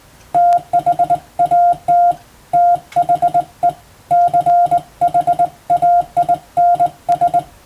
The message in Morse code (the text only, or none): THAT THE CHAINS